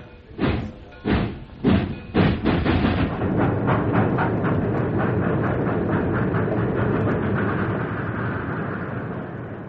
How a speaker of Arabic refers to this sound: أهي رحلة، القطر هيتحرك.